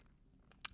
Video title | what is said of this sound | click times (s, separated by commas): WM. Watch WM191 Chronograph (Speedmaster Homage) 4K Watch Review | pulling it out to the second click position hacks the movement and we're now in the time setting position | 0.6 s